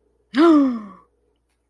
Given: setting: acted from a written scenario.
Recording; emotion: vocal sound without words; negative surprise